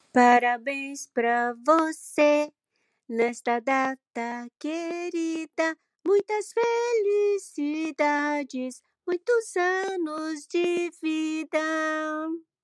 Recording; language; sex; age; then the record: short text; Brazilian Portuguese; female; 60 to 69 years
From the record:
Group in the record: control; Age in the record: 62 years